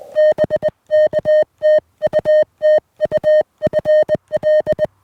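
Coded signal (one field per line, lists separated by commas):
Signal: Morse code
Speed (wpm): 21 wpm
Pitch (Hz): 3050 Hz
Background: music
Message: BK TU TU FL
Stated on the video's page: Parks on the Air activation using a Venus SW-3B with battery and key.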